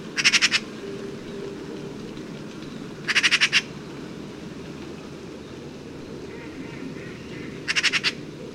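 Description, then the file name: Eurasian magpie giving three brief, dry rattles spaced a few seconds apart over a steady low background hiss. "Pica pica"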